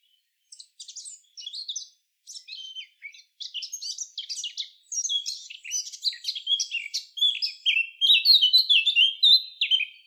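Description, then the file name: Eurasian blackcap singing a fast, varied warble of short chattering phrases that grows louder and finishes in rich, fluty whistled notes. "Sylvia atricapilla"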